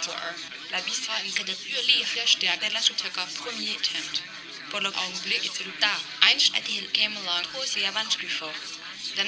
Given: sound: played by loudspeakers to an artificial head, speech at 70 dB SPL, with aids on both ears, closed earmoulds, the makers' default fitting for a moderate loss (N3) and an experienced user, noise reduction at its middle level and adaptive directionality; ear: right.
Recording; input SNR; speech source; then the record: speech test signal (ISTS) in cocktail-party noise; +3 dB; on the right (90 degrees)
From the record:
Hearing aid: class 1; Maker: B